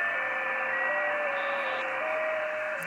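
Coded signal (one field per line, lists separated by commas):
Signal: JT65, JT9 or WSPR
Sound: steady radio hiss with faint thin tones that step slowly in pitch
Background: radio static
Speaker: I'm playing the signal right out of my radio speaker my a47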